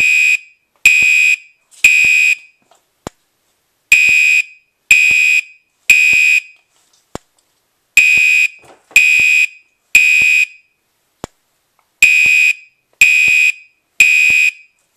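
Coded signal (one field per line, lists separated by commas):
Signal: alarm pattern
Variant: Gentex Commander 2 horn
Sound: harsh buzzing horn blasts in groups of three, four groups, with faint clicks in pauses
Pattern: temporal three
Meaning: Temporal three pattern signals fire evacuation of the building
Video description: The famous mechanical-code 3 tone on this alarm. Heard on most Commander Series products.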